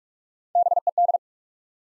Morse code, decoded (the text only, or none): B E D